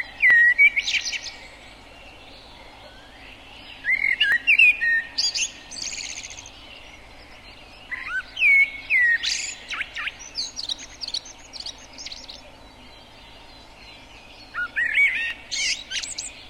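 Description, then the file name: Common blackbird song: mellow whistled phrases with high squeaky trailing notes, repeated in bursts every few seconds, with quiet gaps between. "Turdus merula"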